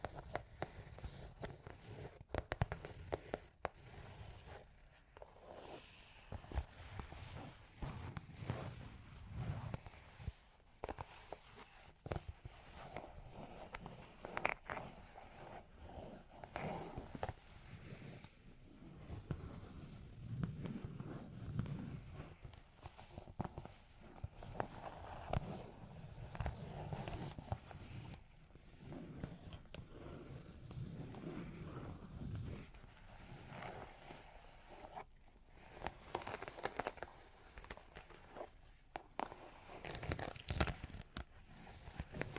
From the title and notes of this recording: Long Claws Tapping and Scratching (No Talking).